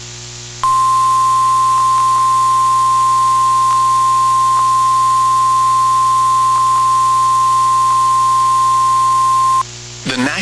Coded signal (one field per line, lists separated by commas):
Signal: Emergency Alert System (SAME) tones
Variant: 1050 Hz attention tone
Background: speech